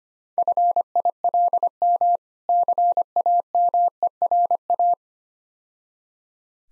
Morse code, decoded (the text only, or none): FILM CAMERA